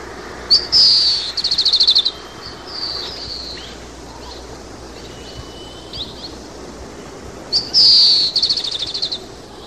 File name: 방울새